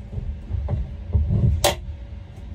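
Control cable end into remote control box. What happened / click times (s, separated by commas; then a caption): The cable end snapped into its slot / 1.7 s. A throttle/shift control cable end for a Mercury 40 hp Command Thrust four-stroke outboard is pushed into its retaining slot in the remote control box over a low rumbling background, with two faint taps at about 0.7 and 1.1 seconds. A sharp, bright click at 1.6 seconds marks the cable end snapping into place, after which it is seated and can no longer be pushed back out.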